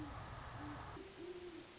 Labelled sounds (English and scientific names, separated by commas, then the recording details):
Great Horned Owl (Bubo virginianus)
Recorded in Sonoma County, California